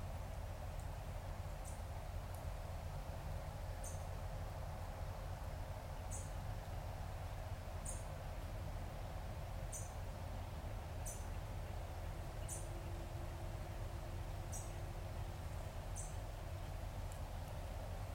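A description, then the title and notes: Wind blows through the trees in a steady, low, dense rush that never lets up. Short, high bird chirps ring out every second or two across the whole stretch, and a faint buzzing drone, likely the bee, passes by around the middle. Listen to the wind blow through the trees as birds chirp and a bee that buzzes by at Conecuh River Nature Trail Behind University of West Florida. Conecuh River Nature Trail, Florida.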